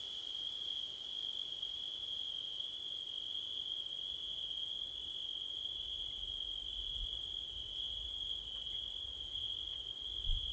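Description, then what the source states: Continuous chorus of crickets, a shrill sustained trill plus higher rapid pulsing, with gusts of low wind rumble in the second half. Crickets at night in September, with wind; recorded with a Blumlein stereo microphone pair.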